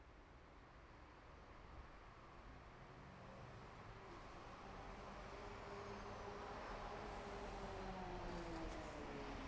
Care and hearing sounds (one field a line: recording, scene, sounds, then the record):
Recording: everyday scene through a hearing-aid microphone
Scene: in traffic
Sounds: traffic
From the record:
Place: bus stop on a city main road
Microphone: behind the ear, left, front